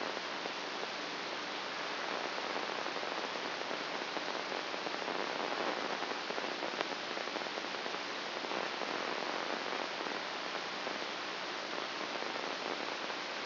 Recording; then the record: brain microelectrode recording played as sound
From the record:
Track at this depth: inside the subthalamic nucleus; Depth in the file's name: 2.804 mm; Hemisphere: right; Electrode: 2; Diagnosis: Parkinson's disease